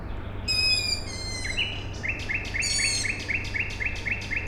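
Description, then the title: Owl chick gives squeaky harmonic cries, followed by a fast run of short repeated notes, with a constant low drone underneath. Owl chicks calling at night on 21 May 2019 in Siemianowice Śląskie, Poland; industrial plant in background; recorded with Zoom H5 and Audio-Technica BP4025. "Siemianowice Śląskie, Polska - Owl chicks"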